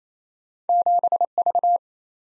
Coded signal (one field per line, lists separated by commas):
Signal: Morse code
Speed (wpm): 28 wpm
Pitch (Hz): 700 Hz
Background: none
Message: 7V